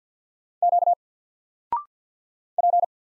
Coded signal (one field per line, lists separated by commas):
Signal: Morse code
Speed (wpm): 48 wpm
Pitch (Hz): 700 Hz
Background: none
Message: Q P